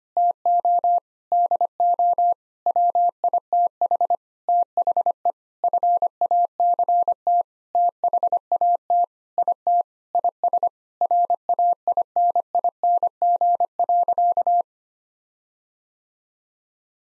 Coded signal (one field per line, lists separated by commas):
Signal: Morse code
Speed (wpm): 25 wpm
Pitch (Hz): 700 Hz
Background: none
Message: TO DO WITH THE FACT THAT IT IS RAINING.